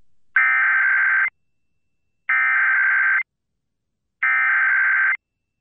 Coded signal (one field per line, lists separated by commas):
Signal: Emergency Alert System (SAME) tones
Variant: header bursts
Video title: EAS | AMBER Alert for Ex-Cop Double-Murderer Fleeing the Country with Kidnapped Baby in Washington